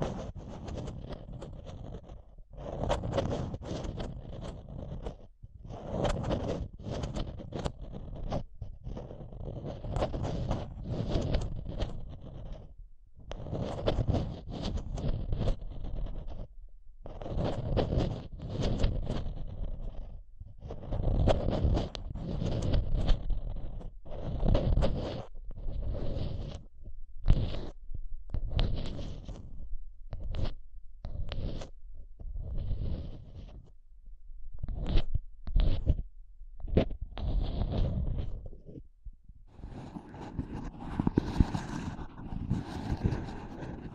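Mic tapping and scratching comes in dense, rough bursts, each a second or two long, separated by brief silences. The scraping is heavy and low with a gritty upper edge, and the rhythm stays irregular throughout. Near the end it turns brighter and more hissing.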